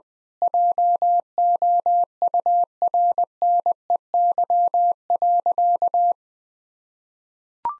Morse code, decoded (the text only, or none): JOURNEY.